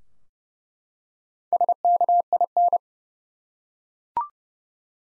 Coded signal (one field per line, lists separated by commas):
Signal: Morse code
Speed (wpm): 30 wpm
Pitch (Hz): 700 Hz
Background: none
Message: SKIN